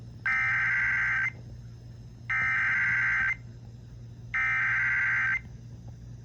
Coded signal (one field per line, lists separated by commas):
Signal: Emergency Alert System (SAME) tones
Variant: header bursts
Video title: Flash Flood Warning (EAS 212)